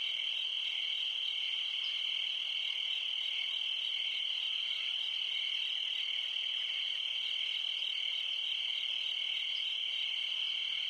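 Crickets chirping in a steady, high, unbroken trill that holds one pitch throughout, with faint higher overtones and no other clear sounds.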